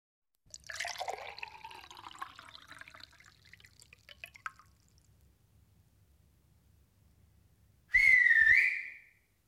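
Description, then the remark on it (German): Water is poured into a glass for an accused man during an interrogation, for about four seconds, a splashing gurgle that rises in pitch as it fills and fades out, followed after a pause by a short, loud, high ringing tone. “Aber immerhin, ein Glas Wasser bekommt er wenigstens.”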